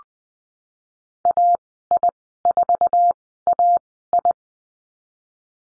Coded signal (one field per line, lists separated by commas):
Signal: Morse code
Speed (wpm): 20 wpm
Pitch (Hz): 700 Hz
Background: none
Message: AI4AI